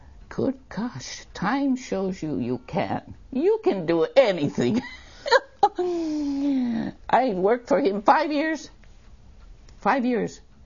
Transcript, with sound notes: good gosh, time shows you you can. You can do anything! (laughs) I worked for him five years - five years.